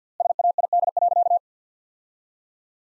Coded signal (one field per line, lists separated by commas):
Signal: Morse code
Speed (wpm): 50 wpm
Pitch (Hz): 700 Hz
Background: none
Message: SAID.